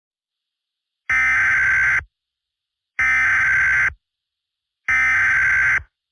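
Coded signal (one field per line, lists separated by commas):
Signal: Emergency Alert System (SAME) tones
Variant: header bursts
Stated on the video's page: Fictional EAS scenario.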